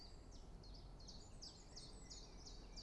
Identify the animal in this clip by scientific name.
Phylloscopus collybita